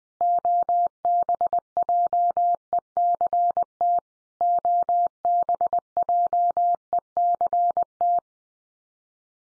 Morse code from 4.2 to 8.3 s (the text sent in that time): OBJECT